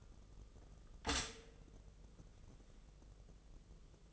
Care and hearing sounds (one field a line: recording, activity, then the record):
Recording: daily activity, microphone in the room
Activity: stop toaster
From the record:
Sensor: 4